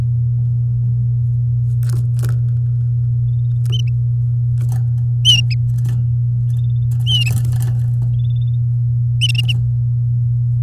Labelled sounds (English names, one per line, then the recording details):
Domestic Canary song
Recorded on 7 May 2018 at 08:52
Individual llb16